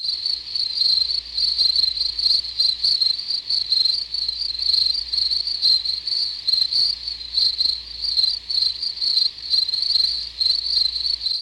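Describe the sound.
Cricket chirping, a steady high-pitched trill of rapid pulses that runs throughout.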